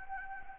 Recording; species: mosquito wingbeat signal from an infrared sensor; Anopheles gambiae